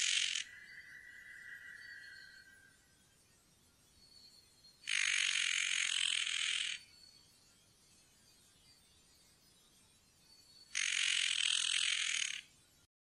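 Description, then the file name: Spotted nutcracker with long, drawn-out rasping bursts about two seconds each, separated by quiet stretches of several seconds, with a few faint higher notes between. "noettekraake"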